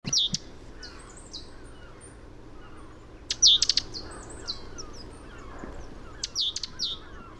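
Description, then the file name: Great tit calls: scattered high, thin notes and short chattering clusters, with long quiet gaps and a low background rumble. "Parus major"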